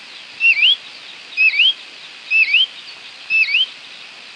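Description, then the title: Green-backed becard calling: a short whistled note dipping then sweeping upward, given about once a second, four times, over a steady hiss of background noise. "LuckyPassaro Completos2Sama. Green-backed Becard (Pachyramphus viridis)"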